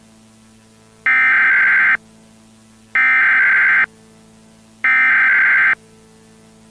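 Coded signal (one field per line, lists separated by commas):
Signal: Emergency Alert System (SAME) tones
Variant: header bursts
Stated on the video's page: Recreated Law Enforcement Warning for I-5 closures in Northern California, using valid EAS tones.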